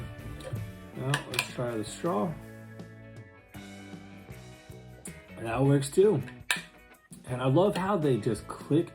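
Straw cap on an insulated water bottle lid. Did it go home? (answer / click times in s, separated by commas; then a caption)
yes / 6.5 s. Over background music, someone talks while testing the straw on a Sidagar 32 oz leakproof medical-grade stainless steel insulated tumbler. They then close the plastic straw cap on the stainless steel bottle lid, and it clicks shut and locks into place at 6.5 s.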